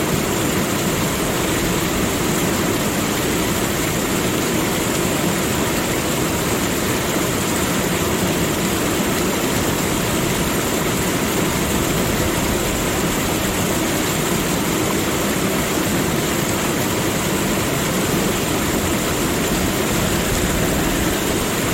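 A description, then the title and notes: Heavy rain pours down in a dense, unbroken hiss that stays at the same level for the whole stretch. A low rumble sits underneath, and a faint steady whine runs high above the downpour throughout, with no separate drops or events standing out. 1 Hour Rainstorm Sounds: Nature's Dynamic Performance for Relaxation. Calming rain.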